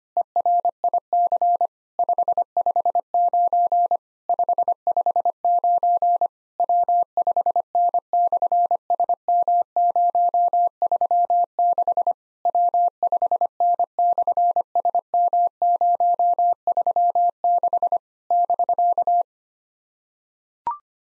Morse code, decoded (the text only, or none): ERIC 559 559 W5N/SM036 W5N/SM036 <BK>